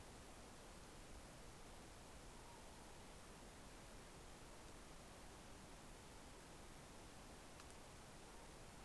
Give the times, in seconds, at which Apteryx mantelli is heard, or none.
none